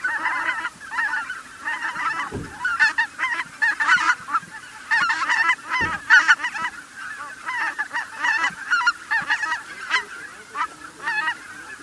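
Bird calls, steady overlapping honks from a flock, rough nasal notes repeated irregularly, with a couple of low thumps.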